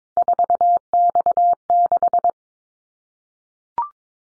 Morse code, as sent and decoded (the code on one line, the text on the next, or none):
....- -..- -....
4X6